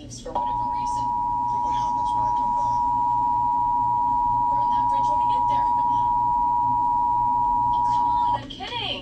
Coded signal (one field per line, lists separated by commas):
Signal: Emergency Alert System (SAME) tones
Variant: 853 and 960 Hz attention tone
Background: speech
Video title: eas monthly test part 6.